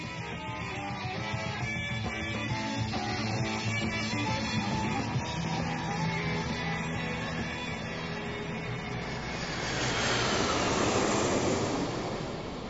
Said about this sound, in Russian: Самолет приземлился в нью-йоркском аэропорту имени Кеннеди